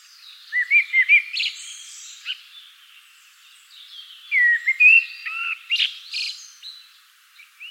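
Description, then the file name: Common blackbird song: short mellow whistles, then after a pause a fuller warbled phrase ending in a high squeaky twitter. "Turdus merula"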